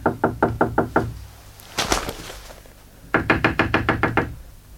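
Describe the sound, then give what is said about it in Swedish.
Two quick bursts of knocking on a door, about six firm raps, a short scraping rustle, then another even run of about eight raps, with no voices. “Vem är det? Det är jag. Vad vill du? Var snäll och öppna dörren.”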